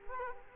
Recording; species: mosquito wingbeat signal from an infrared sensor; Culex quinquefasciatus